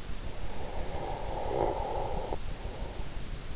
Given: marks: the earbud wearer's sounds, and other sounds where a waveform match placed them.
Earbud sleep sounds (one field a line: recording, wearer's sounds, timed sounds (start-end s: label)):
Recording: sounds in sleep by an in-ear microphone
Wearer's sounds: snoring breath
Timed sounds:
0.31-3.56 s: snoring breath